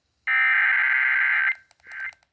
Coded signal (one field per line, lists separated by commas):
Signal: Emergency Alert System (SAME) tones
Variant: header bursts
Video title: EAS #38-52 Flash Flood Warning on 21 FM Stations